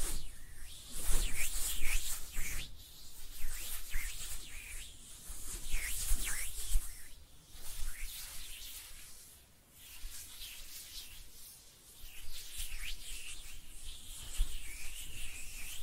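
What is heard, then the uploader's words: Hands rub and brush against each other in soft, dry, papery strokes that come in uneven waves, some stretched out and others quick. There is a short quiet stretch near the middle before the rubbing resumes, steadier and fainter, to the end. ASMR Relaxing Hand Sounds (No Talking).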